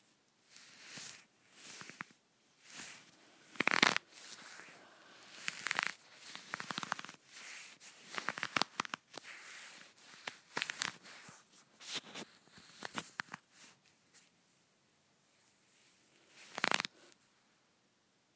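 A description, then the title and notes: Fabric is scratched and rubbed, a run of short, bright, scraping strokes with brief pauses between them. The strokes come irregularly, some quick and clustered, others drawn out, with the loudest sharp rasps near four and seventeen seconds. ASMR Scratching my Leggings.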